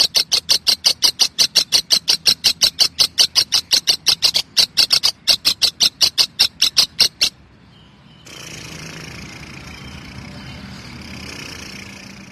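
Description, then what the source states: Lovebird giving a rapid series of harsh, high chattering notes for about seven seconds, then silence and a soft background hiss. Song style called konslet.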